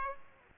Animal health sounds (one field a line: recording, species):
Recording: mosquito wingbeat signal from an infrared sensor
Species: Aedes aegypti